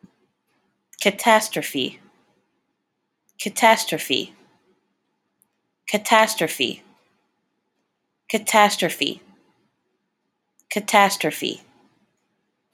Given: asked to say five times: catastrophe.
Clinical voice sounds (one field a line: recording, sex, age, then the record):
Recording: repeated word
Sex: female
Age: 20 to 29 years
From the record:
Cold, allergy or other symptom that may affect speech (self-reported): no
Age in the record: 29 years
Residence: Texas, United States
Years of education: 18